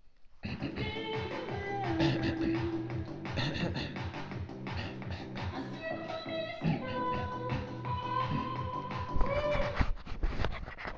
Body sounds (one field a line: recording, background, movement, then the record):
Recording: throat clearing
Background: music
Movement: sitting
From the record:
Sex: male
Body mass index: 23.7 kg/m2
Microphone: on the chest, facing outward